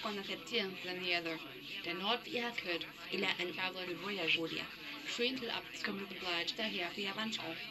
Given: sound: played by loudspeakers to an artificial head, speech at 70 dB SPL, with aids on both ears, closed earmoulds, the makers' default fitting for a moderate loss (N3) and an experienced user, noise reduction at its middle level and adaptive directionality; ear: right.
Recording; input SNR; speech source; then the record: speech test signal (ISTS) in cocktail-party noise; +9 dB; in front (0 degrees)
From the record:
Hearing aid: class 1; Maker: D